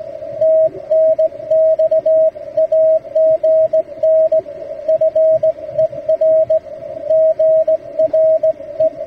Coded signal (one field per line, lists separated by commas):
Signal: Morse code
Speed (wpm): 18 wpm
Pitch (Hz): 640 Hz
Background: radio noise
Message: TNX AGN FER GRE